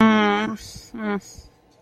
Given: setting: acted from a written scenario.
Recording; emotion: vocal sound without words; pain